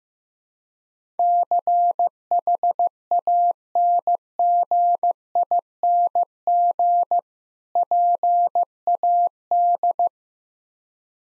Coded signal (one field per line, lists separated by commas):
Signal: Morse code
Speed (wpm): 15 wpm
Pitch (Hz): 700 Hz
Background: none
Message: CHANGING PAD